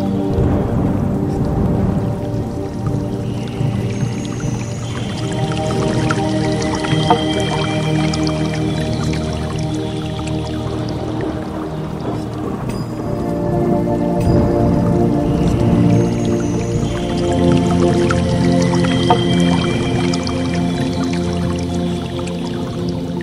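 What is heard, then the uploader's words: Soft piano plays sustained, slowly changing chords over a steady trickle of flowing water. The water sound is continuous, with small drips and gurgles throughout, while the piano swells gently and its bright high notes fade in and out every few seconds. Dreamy mixes of Relaxing Piano Music and the soothing sounds of a Soft Water Stream.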